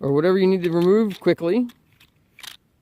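Someone talks, then a camera quick-release plate is handled against a tripod head's spring-loaded clamp, making faint handling noises with a brief rustling burst around 2.4–2.5 s. The plate has not seated or clicked into the clamp yet.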